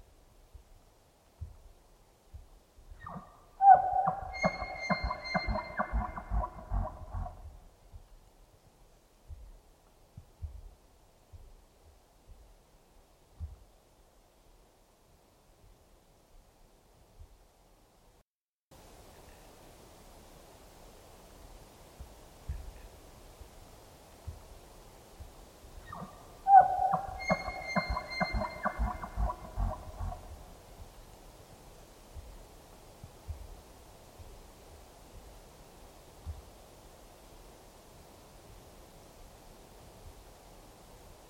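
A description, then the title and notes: A Roosevelt elk bugles twice, near 4 and 27 seconds: a high, rising whistle that breaks into a rapid run of low, grunting chuckles lasting a few seconds. Scattered soft grunts fill the gaps, and a steady hiss sits underneath from about 19 seconds on. Roosevelt Elk Bugling Chuckle. Roosevelt Elk, or Rainforest Elk or Olympic Elk, selected from a brief trip in late September 2023. Recorded in the Queets and Quinalt Rainforest River Valleys, there's often an unavoidable distant wash of river in the background. Chuckles, or laughs, sound just like that, a series of short loud grunts.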